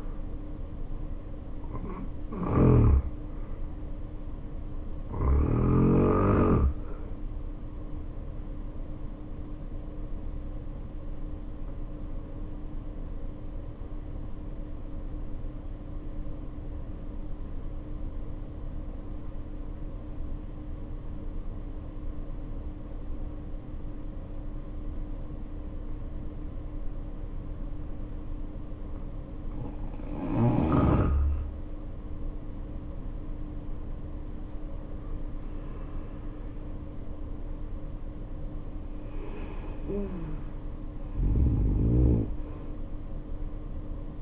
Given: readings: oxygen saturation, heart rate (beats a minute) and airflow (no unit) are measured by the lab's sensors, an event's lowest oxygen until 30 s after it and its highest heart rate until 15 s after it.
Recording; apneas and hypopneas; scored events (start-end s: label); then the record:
breathing in sleep by a smartphone at the bedside; 1
13.00-30.60 s: obstructive apnea (N1, oxygen 94% highest, then 77% lowest, heart rate 55 at the start, 76 highest)
From the record:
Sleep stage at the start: N1 (lightest sleep); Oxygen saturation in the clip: 80 to 94%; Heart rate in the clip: 55 to 76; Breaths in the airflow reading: 5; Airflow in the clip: -8.1 to 8.2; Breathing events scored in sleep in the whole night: 520 in 7.2 hours asleep